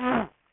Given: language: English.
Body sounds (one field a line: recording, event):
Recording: throat vibration sensor signal played as sound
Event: throat clearing